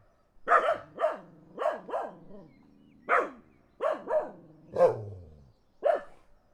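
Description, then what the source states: Dog barking in uneven bursts, sharp barks in pairs and singles with short gaps, some ending in a falling tail; a low rumble near the end. Dogs barking in the countryside as a car passes.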